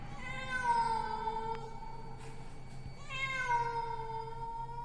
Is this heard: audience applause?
no